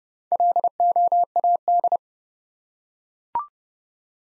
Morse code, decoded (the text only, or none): LOAD